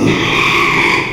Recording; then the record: squeal of a Yucatan mini pig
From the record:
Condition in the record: after surgery on the right vocal fold (resection and tissue-engineered implant); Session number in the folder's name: 1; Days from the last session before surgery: 6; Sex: male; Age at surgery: 12 weeks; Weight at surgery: 13 kg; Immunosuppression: cyclosporine, prednisolone